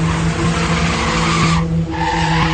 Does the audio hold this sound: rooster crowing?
no